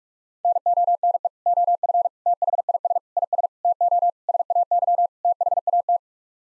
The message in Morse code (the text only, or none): NONE OF THIS IS TO SAY THAT